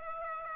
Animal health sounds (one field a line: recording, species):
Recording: mosquito wingbeat signal from an infrared sensor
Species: Aedes aegypti